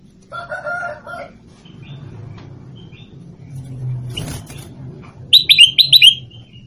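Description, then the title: Sooty-headed bulbul song: a short phrase of loud rising whistles near the end, after softer chirps and a brief rustling noise. "Suara Burung Kutilang"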